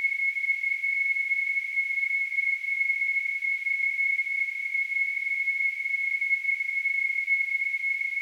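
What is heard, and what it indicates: A steady, unbroken high-pitched tone, roughly 2 kHz, sounds for the full eight seconds with a faint hiss around it and no change in loudness. It is a simulated tonal tinnitus, the constant ringing or whistling some people perceive without any outside sound.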